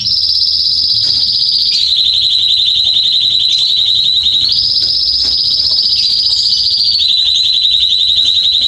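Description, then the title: Canary song as a steady, very fast rolling trill that steps between two high pitch levels, unbroken throughout. Male Belgian canary singing a lot, meant to warm up and stimulate young canaries. "Canary Training Esquente Seu Filhote E Canario Belga Em 30 Minutos Macho Cantando Muito. CANTO DO CANRIO"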